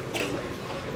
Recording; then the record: coughing mixed with background sound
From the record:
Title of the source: 61 morning phlegmy cough...again